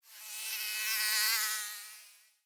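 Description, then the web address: Mosquito wing buzz: a high, thin whine with a wavering pitch that swells and fades over about two seconds as it passes by. Flying past. "Blast Wave Update 3 Mosquito Fly By"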